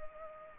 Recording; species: mosquito wingbeat signal from an infrared sensor; Culex pipiens